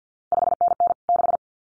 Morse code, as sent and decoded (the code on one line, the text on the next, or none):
..... -. -. / -....
5NN 6